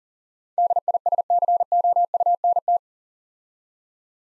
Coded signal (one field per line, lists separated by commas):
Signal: Morse code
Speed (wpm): 42 wpm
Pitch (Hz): 700 Hz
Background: none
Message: DISCOUNT